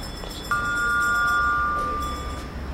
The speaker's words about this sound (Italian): Treno in transito al binario 1. Allontanarsi dalla linea gialla.